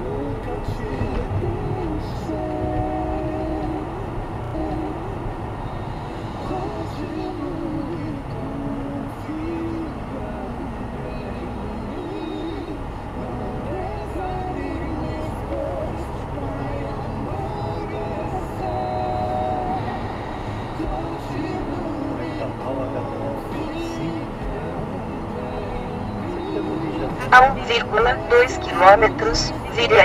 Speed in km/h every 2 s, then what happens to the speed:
69, 70, 67, 64, 66, 69, 73, 77, 82, 85, 86, 85, 86, 84, 83.
0-8 steady at about 67. 8-19 speeds up to 86.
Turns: none.